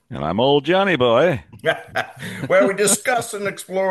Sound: laughs

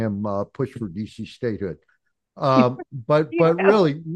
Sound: laughs

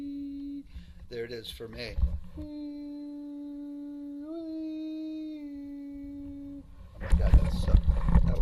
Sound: makes resonant sounds; makes resonant sounds

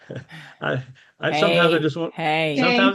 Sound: laughs

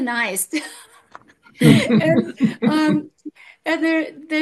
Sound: laughs

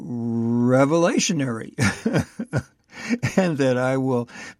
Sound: laughs

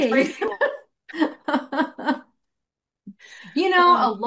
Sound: laughs

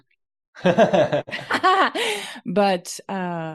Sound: laughs

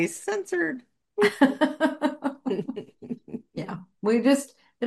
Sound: laughs

